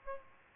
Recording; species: mosquito wingbeat signal from an infrared sensor; Aedes aegypti